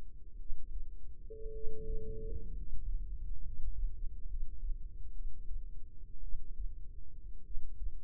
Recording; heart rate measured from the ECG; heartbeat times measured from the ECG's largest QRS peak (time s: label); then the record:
heart sounds by microphone in the right ear; 59 bpm
0.35 s: heartbeat
1.50 s: heartbeat
2.51 s: heartbeat
3.41 s: heartbeat
4.25 s: heartbeat
5.11 s: heartbeat
6.19 s: heartbeat
7.41 s: heartbeat
From the record:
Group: healthy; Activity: rest 0-2 s, breath hold 2-8 s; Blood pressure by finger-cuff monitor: 103/50 mmHg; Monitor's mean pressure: 63 mmHg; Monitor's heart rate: 56 bpm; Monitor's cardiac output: 5.1 L/min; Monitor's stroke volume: 88 mL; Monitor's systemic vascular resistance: 870 dyn s/cm5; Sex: male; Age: 25 years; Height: 170 cm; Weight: 70.4 kg